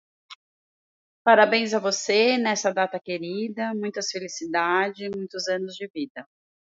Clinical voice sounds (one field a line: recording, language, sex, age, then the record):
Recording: short text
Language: Brazilian Portuguese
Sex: female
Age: 50 to 59 years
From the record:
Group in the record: control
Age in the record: 52 years